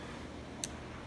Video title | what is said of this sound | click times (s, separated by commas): Knife ramble!! Talking case knives and leather | pops in and you can hear the difference now so what I what I thought about doing with this knife | 0.6 s